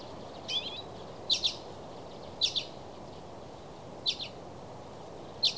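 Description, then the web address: Common redpoll giving five short doubled call notes at irregular intervals, over steady background noise. Nocturnal flight calls in a series, recorded at Lingshan, Beijing, on 20 March 2024 around 05:29. "LINGSHAN 24 20240320 052902-3420-Common-Redpoll-series. beijing nocturnal flight call library"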